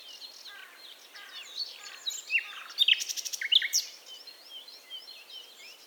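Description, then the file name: Common nightingale singing a quick burst of loud repeated notes midway, amid softer twittering and faint hiss. "Luscinia megarhynchos"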